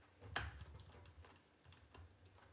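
A plastic side sweeper brush is pushed onto the small drive motor shaft of a Eufy RoboVac 12 robot vacuum. It pops onto the shaft and seats with a sharp click at 0.4 s. A few faint ticks and light handling noises follow.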